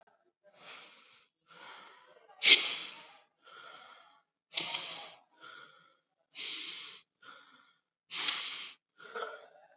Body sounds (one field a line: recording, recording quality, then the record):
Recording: shallow breathing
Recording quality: excellent, no background noise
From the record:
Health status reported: COVID-19 positive, mild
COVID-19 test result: positive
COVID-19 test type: RT-PCR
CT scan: not taken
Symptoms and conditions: cough, fever, fatigue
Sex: male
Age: 26 years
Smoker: no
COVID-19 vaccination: both doses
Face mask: worn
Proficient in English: yes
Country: India